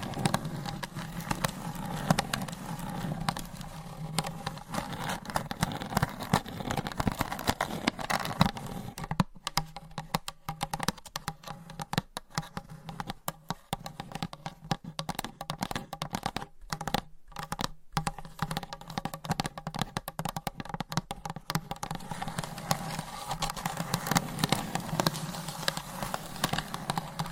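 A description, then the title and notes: Long nails tap and scratch on hollow boxes in a dense, restless stream of small clicks and scrapes. A low hollow hum sits underneath throughout. Between about 9 and 18 seconds the taps grow sharper and more separated by brief silences. Tapping & Scratching on Hollow Boxes with Long Nails. No Talking.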